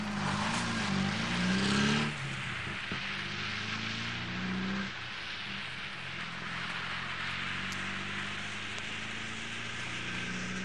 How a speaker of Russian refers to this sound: Оборачивается, машина сдает назад, разворачивается, уезжает.